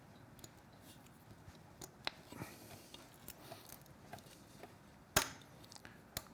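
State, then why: Seated. A fuel hose quick-connect coupling is pushed onto the fuel tank fitting of a Triumph Street Twin motorcycle, with quiet handling rustles and small ticks around 2.1 s and 6.2 s. A sharp, bright click at 5.2 s marks the connector seating on the fitting, after which the lock is slid over.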